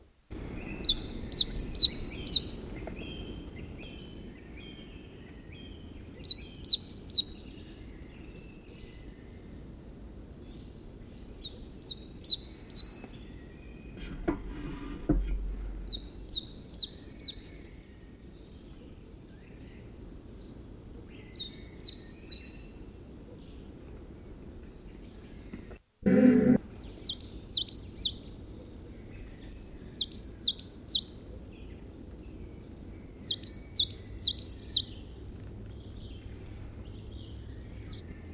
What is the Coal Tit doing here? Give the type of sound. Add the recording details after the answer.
song. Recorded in the wild. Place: Pingarati, Moldova, RO. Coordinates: 46.93, 26.187. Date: 1973-04-18. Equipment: Nagra III BH, Sennheiser MD 21, parabola. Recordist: Schubert, Michael. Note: Gesang Tannenmeise